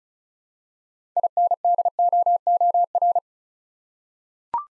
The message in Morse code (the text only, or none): INDOOR